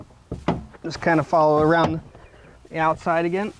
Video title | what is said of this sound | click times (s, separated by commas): 2004 Nissan Titan Rear Left Window Motor / Regulator | push those we should hear them all click in just | 0.3 s, 0.5 s